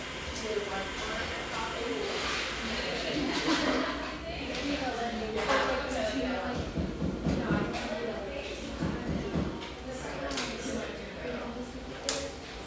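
A humming café by the beach north of San Diego, filled with a steady murmur of overlapping voices that never stops. Sharp clinks and clatters, like dishes and cutlery, break through every second or two, with a brighter knock near the end.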